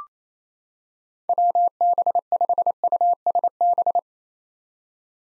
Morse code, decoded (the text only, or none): WB5USB